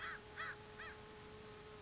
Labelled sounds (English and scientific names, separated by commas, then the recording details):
American Crow (Corvus brachyrhynchos)
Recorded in Sonoma County, California